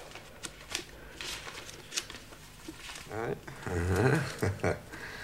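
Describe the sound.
A book is opened and its pages handled: several soft, papery rustles and crisp flicks come in quick succession, and then a voice speaks briefly over the last few rustles.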